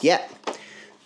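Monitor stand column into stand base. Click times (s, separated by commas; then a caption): 0.5 s. Someone talks briefly as the upright column of the stand for an Alienware AW3225QF 32-inch 4K 240Hz OLED gaming monitor is slotted into its heavy base. A sharp click sounds at 0.5 s as the column seats into the base.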